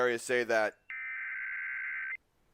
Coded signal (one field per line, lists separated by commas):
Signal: Emergency Alert System (SAME) tones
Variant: header bursts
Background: speech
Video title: EAS Scenario Sins: REVIVED - Episode 3: H2Overflow